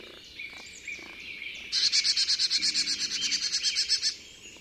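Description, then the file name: Marsh tit call series: a rapid, even run of many high buzzy notes lasting over two seconds. "Poecile palustris"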